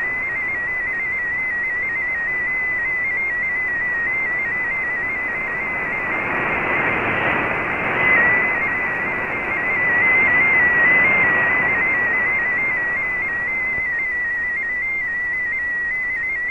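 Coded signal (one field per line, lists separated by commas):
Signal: multi-tone FSK (Olivia or MFSK type)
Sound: a warbling single tone hopping rapidly between close pitches near 2 kHz, under hiss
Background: radio static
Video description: Here is my decode of the Shortwave Radiogram broadcast today on 15770Khz shortwave radio at 1300UTC in MFSK16, 32 and 64 and with 8 SSTV images.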